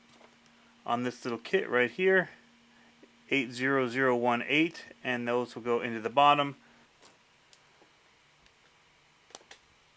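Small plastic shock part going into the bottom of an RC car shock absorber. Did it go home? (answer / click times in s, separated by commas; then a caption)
yes / 9.4 s. A small plastic part from parts tree 80018 is pressed into the bottom of a shock absorber during an Axial SMT10 RAW Builders Kit RC crawler build. Someone talks, then after a pause a few faint ticks come before a sharp click at 9.4 s as the part seats into place.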